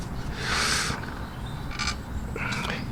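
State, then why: Not seated. A connector is pushed toward its socket on a van, producing soft broadband rustling and scraping bursts with a steady low rumble underneath. The connector fails to click in and nothing has seated or clicked yet.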